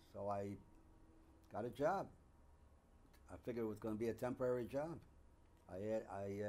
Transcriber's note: none